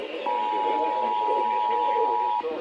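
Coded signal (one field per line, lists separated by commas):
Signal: Emergency Alert System (SAME) tones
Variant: 853 and 960 Hz attention tone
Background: speech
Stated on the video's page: Real EAS alerts, including a tornado warning, received during Hurricane Helene.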